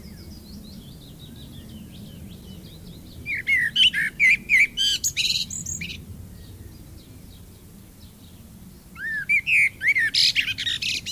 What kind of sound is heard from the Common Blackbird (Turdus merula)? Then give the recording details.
song. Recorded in the wild. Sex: male. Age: adult. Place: Lübars (Fließtal), Berlin, DE. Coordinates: 52.6167, 13.35. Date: 2000-05-14 18:14. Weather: fair, ca. 23°C. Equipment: Nagra SN, Kopie Uher 4000 Report Monitor. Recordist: Tembrock, Günter. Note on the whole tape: Gesang